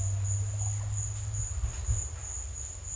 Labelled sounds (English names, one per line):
none